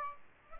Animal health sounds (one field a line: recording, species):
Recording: mosquito wingbeat signal from an infrared sensor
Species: Aedes aegypti